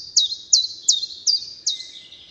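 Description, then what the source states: Common chiffchaff song: five high, sharp notes, each dropping quickly in pitch, over a quiet background. Among the very first summer migrants to reach Britain; two-note 'chiff-chaff' song, given somewhat tentatively, heard early in the year.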